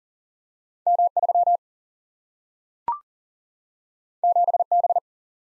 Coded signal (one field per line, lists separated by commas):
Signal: Morse code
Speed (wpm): 41 wpm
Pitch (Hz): 700 Hz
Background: none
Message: M3 7B